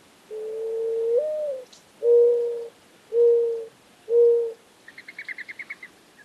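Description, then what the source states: Mourning Dove cooing, a low steady coo with a slight upward slur followed by three shorter even coos about a second apart, then a brief high chattering from another bird. Cooing song described as soothing.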